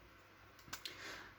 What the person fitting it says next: you hear that nice little snap a nice little click that's when you know you're fully inserted